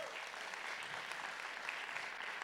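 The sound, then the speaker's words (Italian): Steady audience applause marking a pastor's five years as pastor, a dense crackle of many hands clapping at an even level throughout, with no voices standing out. “Questo è un applauso.”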